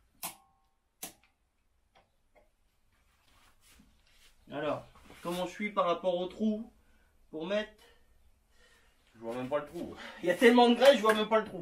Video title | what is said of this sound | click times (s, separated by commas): BIG WHEEL 80 #22 montage de La Fourche ainsi que la roue av | écoute le clic alors | 1.0 s